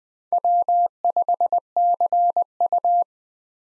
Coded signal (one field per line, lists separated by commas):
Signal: Morse code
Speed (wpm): 20 wpm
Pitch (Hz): 700 Hz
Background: none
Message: W5CU